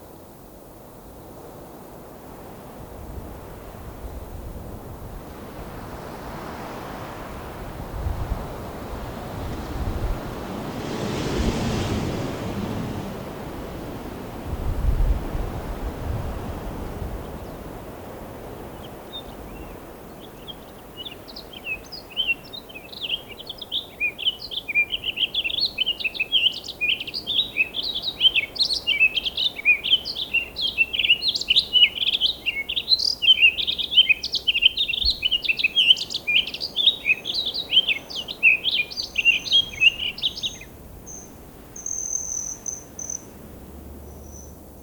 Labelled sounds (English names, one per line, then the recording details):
Townsend's Solitaire song
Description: Townsend's Solitaire song recorded in Hollowell Park in Rocky Mountain National Park
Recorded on 19 May 2016